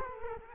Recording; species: mosquito wingbeat signal from an infrared sensor; Culex quinquefasciatus